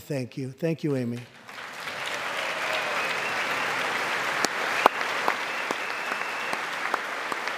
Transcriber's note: applause